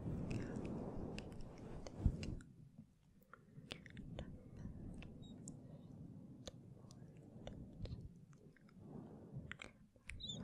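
Soft, barely intelligible whispering mixes with gentle touches on the microphone, giving a low muffled rumble and scattered crisp clicks and taps. The sound is louder in the first two seconds with a sharp bump near two seconds, then settles quieter with intermittent clicks.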